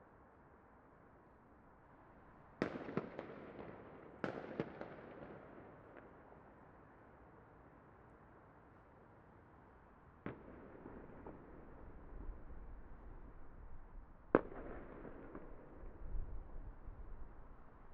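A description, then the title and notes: Scattered early New Year fireworks crack sharply near 3, 4, 10 and 14 seconds, each leaving a brief rumbling echo over a quiet, steady hiss. New Year early rockets. A few early fireworks from around the afternoon at the last day of the year. Recorded with the Superlux S502 Mk2 ORTF microphone on a Zoom F6.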